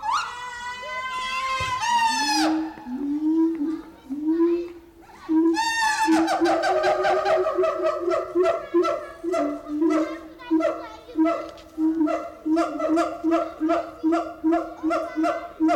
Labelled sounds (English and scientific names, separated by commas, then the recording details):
Siamang (Symphalangus syndactylus) call
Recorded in captivity
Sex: male
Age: subadult
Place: Zoo Berlin, Berlin, DE
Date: 1996-03-23 12:02
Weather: heiter, 4°C
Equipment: Sony WM-D6C, Sennheiser ME 80, Kopie Uher 4000 Report Monitor
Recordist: Tembrock, Günter